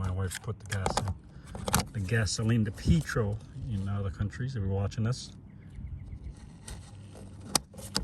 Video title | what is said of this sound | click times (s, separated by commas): BMW X7 Evap Engine Code (Very Small Leak) | Hear the click. All right. I I can pretty confidently say that's in | 7.6 s, 8.0 s